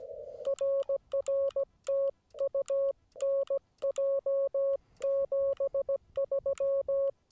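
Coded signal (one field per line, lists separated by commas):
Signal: Morse code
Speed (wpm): 17 wpm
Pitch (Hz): 550 Hz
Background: none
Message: RR TU NJ 73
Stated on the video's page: CW POTA park activation at 25 watts on a Yaesu FT-891 with US Morse paddles and a Chameleon 17-ft whip.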